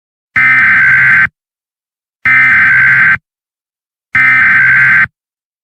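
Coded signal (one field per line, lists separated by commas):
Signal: Emergency Alert System (SAME) tones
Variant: header bursts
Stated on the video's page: Fictional EAS alert about an escaped Backrooms entity, a horror recreation.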